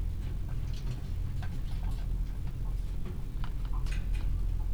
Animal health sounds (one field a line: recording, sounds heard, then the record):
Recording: poultry house recording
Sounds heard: sick chickens (respiratory disease)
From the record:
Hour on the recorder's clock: 15